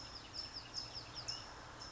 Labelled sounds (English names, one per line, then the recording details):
California Towhee
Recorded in Sonoma County, California